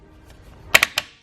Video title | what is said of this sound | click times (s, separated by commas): Review of Yakima HighSpeed Fork Mount Bike Rack for Roof Racks | tighten this knob will click indicating | 0.8 s, 1.0 s